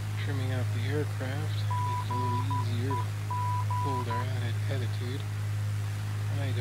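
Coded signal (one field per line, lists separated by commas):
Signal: Morse code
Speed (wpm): 13 wpm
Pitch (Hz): 990 Hz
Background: speech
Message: GEG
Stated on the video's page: Heard in Flight Simulator X while flying a Piper PA-28-181 Cherokee to Sandpoint, Idaho.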